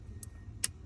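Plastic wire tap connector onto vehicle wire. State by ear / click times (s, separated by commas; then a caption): seated / 0.6 s. A plastic wire tap connector is squeezed closed over a vehicle wire with a crimper or pliers while wiring powered light-up running boards on an F150. A faint click at 0.2 s is followed by a sharp, bright snap at 0.6 s over a low background rumble. The connector snaps shut and is seated.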